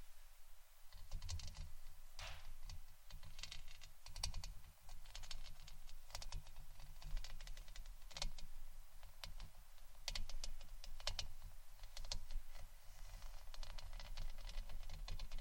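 Scratching and brushing, a dense run of quick, bright scrapes and ticks that keeps going for the whole clip, with sharper strokes near 2, 8 and 10 seconds. A steady low hum runs underneath, and the scratching starts just after the first second.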